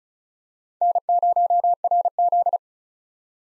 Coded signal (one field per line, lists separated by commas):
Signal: Morse code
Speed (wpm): 36 wpm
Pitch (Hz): 700 Hz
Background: none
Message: N0RZ